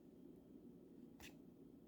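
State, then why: Not seated. A tool-less quick-pierce CO2 cap for a T4E TR50 Gen 2 / HDP50 Gen 2 paintball marker is tightened into the marker during handling. A steady low background hum runs throughout, with one brief, bright broadband burst of noise around 1.2 s. Nothing has seated or clicked yet.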